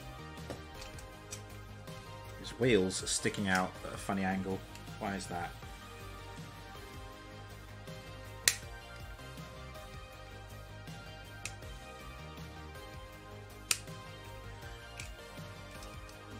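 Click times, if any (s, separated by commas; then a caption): 8.5 s, 13.7 s. Someone talks over background music while pushing a plastic wheel/leg part into the joint of an X-Transbots Paean (MP Hoist) transforming robot toy, whose wheels were sticking out at an odd angle. Sharp clicks at 8.5 s and 13.7 s mark the part snapping into place. It is now seated; it simply hadn't snapped in before.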